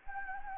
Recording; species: mosquito wingbeat signal from an infrared sensor; Anopheles gambiae